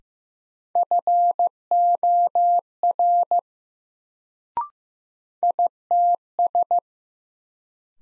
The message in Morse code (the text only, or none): FOR ITS